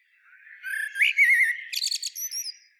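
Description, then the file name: Eurasian blackbird with a single phrase of low fluted notes rising slightly, ending in a rapid, scratchy high twitter. "Turdus merula"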